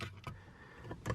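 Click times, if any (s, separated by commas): 0.0 s, 1.1 s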